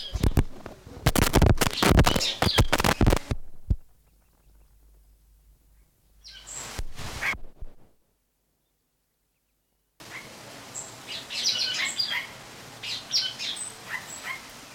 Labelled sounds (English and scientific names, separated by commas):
Golden Myna (Mino anais) call